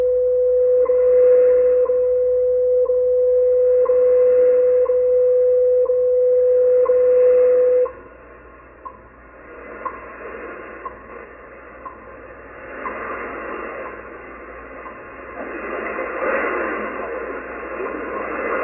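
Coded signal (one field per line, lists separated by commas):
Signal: radio time signal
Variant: WWV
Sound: steady 500 Hz tone with short ticks each second, then fading ticks in static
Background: radio static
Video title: Radio propagation with seasons and the return of WWV on 25000 kHz shortwave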